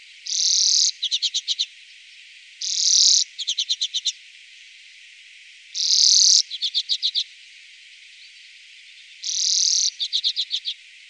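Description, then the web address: Common redpoll giving a harsh buzzy note followed by a quick series of dry chet notes, the pattern repeating roughly every three seconds. "Faglar Sound Grasiska"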